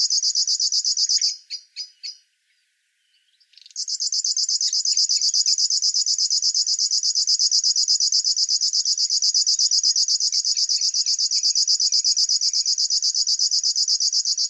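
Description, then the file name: River warbler singing a high, rapidly pulsed buzzy reel, breaking off and pausing near the start before resuming steadily. "Schlagschwirl - Locustella fluviatilis"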